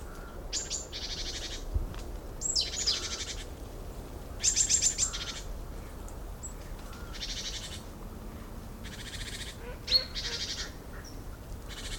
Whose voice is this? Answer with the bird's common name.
Great Tit